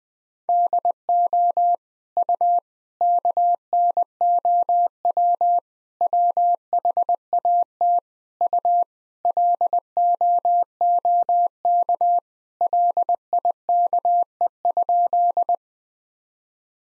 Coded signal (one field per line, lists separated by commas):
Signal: Morse code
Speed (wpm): 21 wpm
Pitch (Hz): 700 Hz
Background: none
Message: DO U KNOW WHAT U LOOK LIKE?